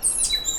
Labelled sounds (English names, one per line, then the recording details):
Stitchbird song
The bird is a male
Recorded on Tiritiri Matangi Island, New Zealand, in 2005
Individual 1, of nest box 1